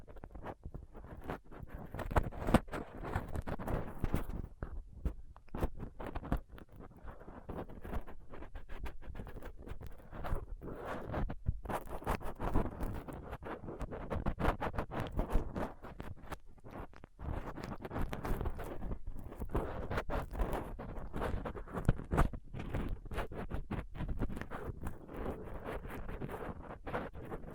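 Rough scraping and picking at a microphone with a dental pick, tweezers and a cotton swab. Dense, irregular scratches and taps run throughout, mostly low and muffled, with brief quiet gaps and a few sharper clicks.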